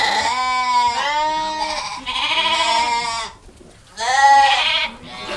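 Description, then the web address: Sheep giving long wavering bleats back to back, then a pause and another loud bleat. Ewes on a farm. "Les brebis. un jour a la ferme"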